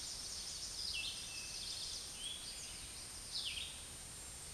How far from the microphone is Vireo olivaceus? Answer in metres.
about 10 m